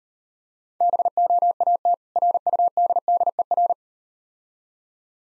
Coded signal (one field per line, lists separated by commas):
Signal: Morse code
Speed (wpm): 38 wpm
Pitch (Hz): 700 Hz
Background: none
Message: BOAT RUDDER